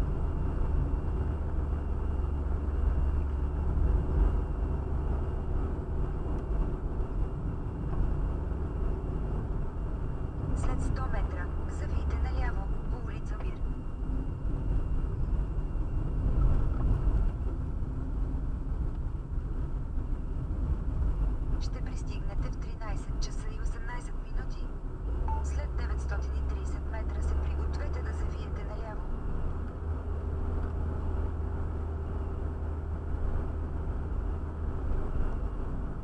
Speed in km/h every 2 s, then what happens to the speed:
44, 42, 44, 45, 46, 45, 42, 38, 34, 30, 32, 35, 38, 43, 47, 47, 47, 46.
0-10 steady at about 44. 10-19 slows to 30. 19-28 speeds up to 47. 28-36 steady at about 47.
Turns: 15-22.